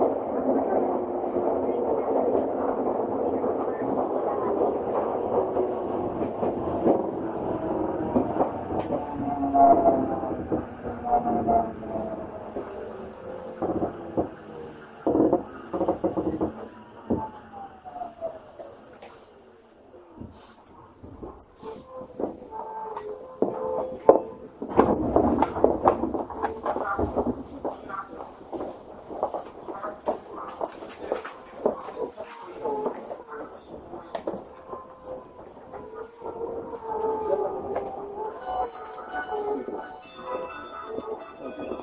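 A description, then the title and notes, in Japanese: A Tokyo Metro 7000 series train runs along its line, a dense steady roar of wheels with frequent sharp clicks and rattles. Motor whines slide up and down in pitch around ten to twenty seconds; the noise briefly eases near twenty, then swells again. 東京メトロ7000系 新木場〜練馬。車体は20m両開き4扉のアルミニウム合金製。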